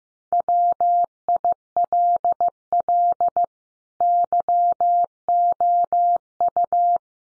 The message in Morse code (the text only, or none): WILL YOU